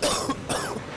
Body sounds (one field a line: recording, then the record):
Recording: coughing mixed with background sound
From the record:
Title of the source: Coughing 79